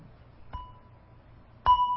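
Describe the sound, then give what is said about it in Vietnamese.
A Buddhist bell is tapped twice with a striker to wake it before it is rung three times: a softer first ding, then a louder second one, each leaving a clear, steady metallic tone that rings on. “Trước khi mình thỉnh chuông á, là mình phải cầm cái dùi lên và mình thức cái chuông hai cái trước.”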